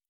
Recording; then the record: hydrophone in a shrimp aquaculture tank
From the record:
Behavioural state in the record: normal